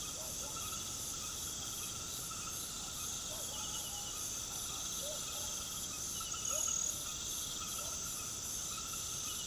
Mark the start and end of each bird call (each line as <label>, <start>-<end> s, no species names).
bird call, 0.14-0.64 s
bird call, 3.33-4.10 s
bird call, 4.99-5.20 s
bird call, 6.51-6.63 s